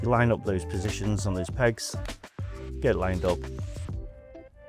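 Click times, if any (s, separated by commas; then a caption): none. Someone talks over music while lining up the location pegs of a soft-close damper unit with the bottom runner, before it is snapped sideways to lock in place. A brief sharp hit stands out above the music at about 3.9 s. Nothing has seated or clicked yet.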